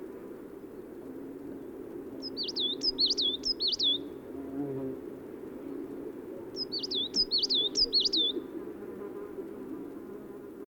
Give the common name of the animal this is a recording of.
Coal Tit